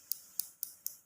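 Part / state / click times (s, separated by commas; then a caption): ratchet stopper on an outside micrometer spindle clamping a workpiece / torque reached / 0.1 s, 0.4 s, 0.6 s, 0.9 s. The ratchet stopper on an outside micrometer is turned until the spindle clamps the workpiece against the anvil, and the ratchet slips at clamping force. Four short, sharp clicks come at 0.1, 0.4, 0.6 and 0.9 seconds, their energy mostly above 4 kHz, over quiet low background noise. The result is confirmed clamping torque.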